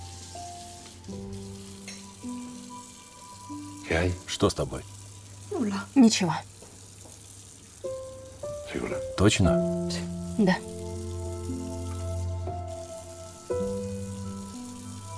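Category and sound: household object, tap water running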